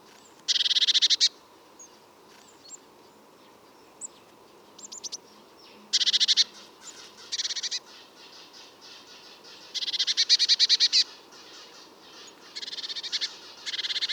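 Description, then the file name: Eurasian blue tit calls: short bursts of rapid, high, scratchy notes, each burst about a second or less, repeated irregularly with quieter ticks between, over a steady low hiss. "Cyanistes caeruleus"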